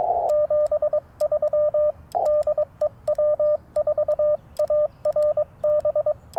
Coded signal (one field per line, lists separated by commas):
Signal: Morse code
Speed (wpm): 22 wpm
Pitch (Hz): 600 Hz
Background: radio noise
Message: 73 DE W4ARB